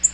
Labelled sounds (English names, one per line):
Black-throated Green Warbler flight call